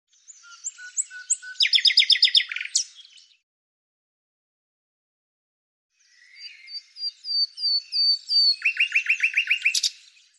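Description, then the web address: Bird song in two phrases about three seconds apart. Each opens with thin high notes and ends in a rapid buzzy trill, with nothing else audible. "Deverinetal 2025"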